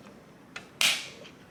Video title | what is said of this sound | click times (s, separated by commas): Mounting LPVO -- First AR15 | all right once you hear that click you're good you don't need to go anymore | 0.8 s